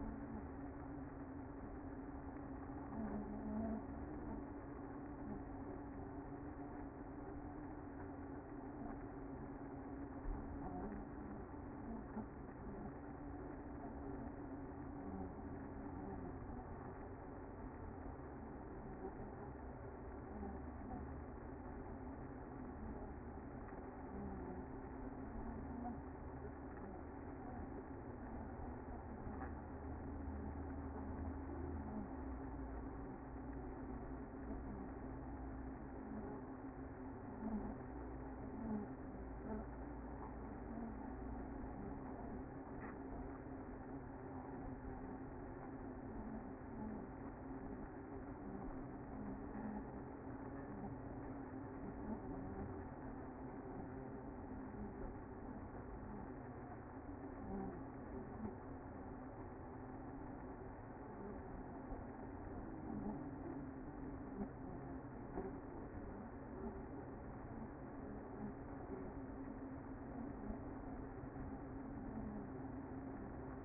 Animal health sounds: honeybee colony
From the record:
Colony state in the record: active

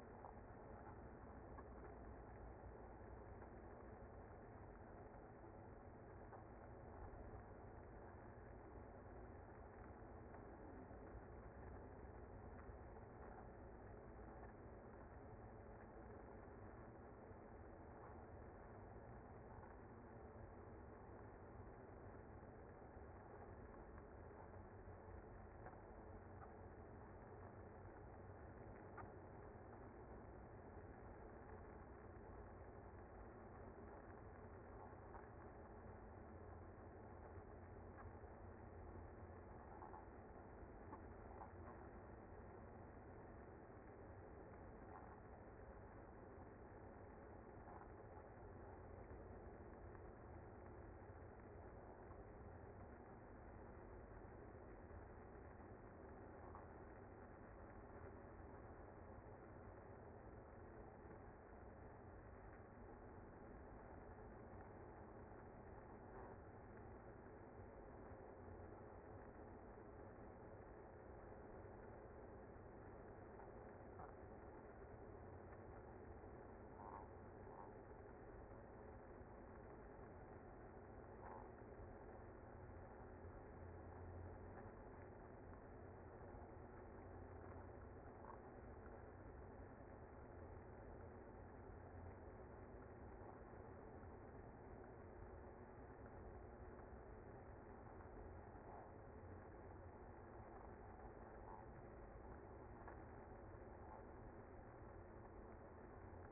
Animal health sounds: honeybee colony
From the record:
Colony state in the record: active

